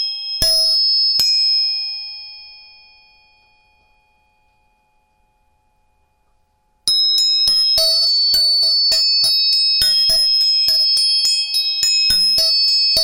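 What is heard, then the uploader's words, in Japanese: Tuning forks are struck twice near the start, and their bright, clear metallic ring fades slowly into near silence by about four seconds. After a quiet pause, rapid strikes resume at seven seconds and continue steadily to the end, the ringing tones overlapping densely. 音叉チューニング全体性。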